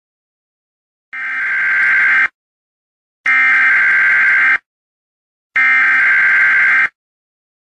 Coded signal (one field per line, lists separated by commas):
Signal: Emergency Alert System (SAME) tones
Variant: header bursts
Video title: Eas alert only on tv